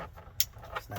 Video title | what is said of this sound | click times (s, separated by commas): How to install a bluetooth radio on a 2016 Ford Transit 150 base model | Plug that in. Snap | 0.4 s